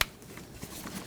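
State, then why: Seated. A plastic cable retainer cover on the rear door latch of a 2012-2017 Toyota Camry is snapped closed over the cable. A sharp click at 0.0 s marks the cover seating, followed by faint handling noises. The cover is closed and clicked shut.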